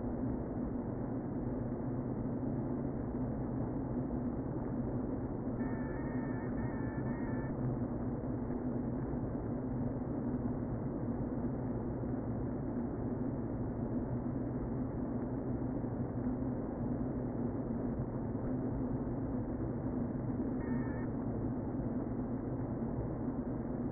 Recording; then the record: honeybee colony, microphone inside the hive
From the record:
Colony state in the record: queen present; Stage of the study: before two queens were removed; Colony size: about 60,000 bees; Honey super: yes